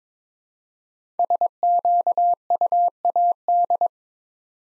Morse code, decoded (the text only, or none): SQUAD